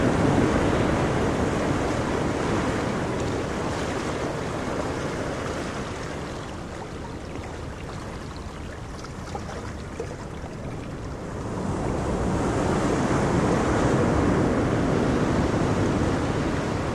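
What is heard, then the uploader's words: Ocean waves crash in a constant, dense roar of surf that fills the low and middle range. The wash eases slightly between about six and eleven seconds, then swells back up to full force for the rest of the clip. Crashing Tide. Ocean waves sounds, constant crashing waves sleep sounds.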